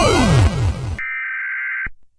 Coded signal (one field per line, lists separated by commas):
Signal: Emergency Alert System (SAME) tones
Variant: header bursts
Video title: Series 3: EAS Alarms Animated 1